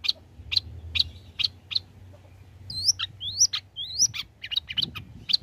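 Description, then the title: Long-tailed shrike song: several sharp high chirps in a steady series, then quicker varied whistled notes with rising and falling slurs. Cendet singing prolifically (gacor), offered as tutoring audio (masteran) for training other songbirds. "Cendet Gacor Cocok Untuk Masteran"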